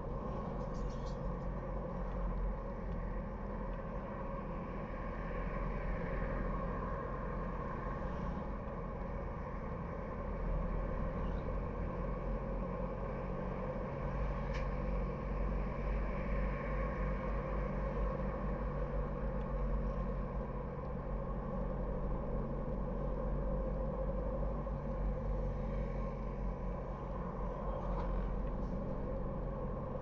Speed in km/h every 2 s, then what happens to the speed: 48, 47, 44, 46, 46, 45, 47, 49, 49, 51, 51, 49, 51, 48, 48.
0-30 steady at about 48.